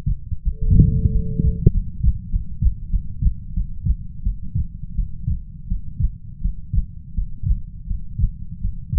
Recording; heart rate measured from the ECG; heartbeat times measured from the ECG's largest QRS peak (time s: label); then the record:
heart sounds by stethoscope; 88 bpm
0.43 s: heartbeat
1.11 s: heartbeat
1.71 s: heartbeat
2.29 s: heartbeat
2.90 s: heartbeat
3.53 s: heartbeat
4.23 s: heartbeat
4.95 s: heartbeat
5.68 s: heartbeat
6.41 s: heartbeat
7.14 s: heartbeat
7.87 s: heartbeat
8.61 s: heartbeat
From the record:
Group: healthy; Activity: rest 0-3 s, breath hold 3-9 s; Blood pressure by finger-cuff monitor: 102/64 mmHg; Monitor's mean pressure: 77 mmHg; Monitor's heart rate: 87 bpm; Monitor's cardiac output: 7.8 L/min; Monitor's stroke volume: 84 mL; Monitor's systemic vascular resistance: 750 dyn s/cm5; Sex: female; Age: 19 years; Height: 163 cm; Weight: 48.9 kg